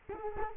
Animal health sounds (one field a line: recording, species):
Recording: mosquito wingbeat signal from an infrared sensor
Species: Culex quinquefasciatus